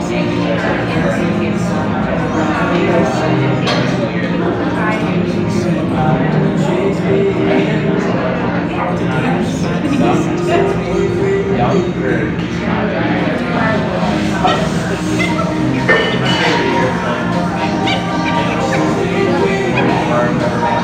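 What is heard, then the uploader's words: A bustling cafe fills the space with a dense, steady murmur of overlapping voices, none standing out clearly. Light clinks and knocks of cups and dishes break through every few seconds, while the overall loudness stays constant throughout. Bustling cafe. The rustling of customers shuffling in and out.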